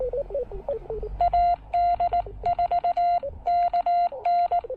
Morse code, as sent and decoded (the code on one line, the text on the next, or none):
.- -.. ....- -.- -.
AD4KN